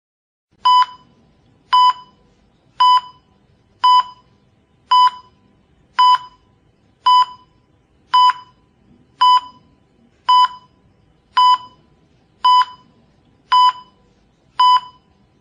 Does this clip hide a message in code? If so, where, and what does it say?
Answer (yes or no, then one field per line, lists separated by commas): no